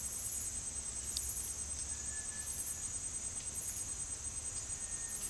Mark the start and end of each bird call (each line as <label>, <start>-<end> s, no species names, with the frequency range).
bird call (1.2-2.2 kHz), 1.92-2.47 s
bird call (1.0-2.5 kHz), 4.74-5.28 s